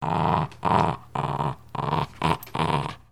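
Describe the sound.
Dog growling in six rough, throaty bursts with brief pauses between, deep and rasping throughout.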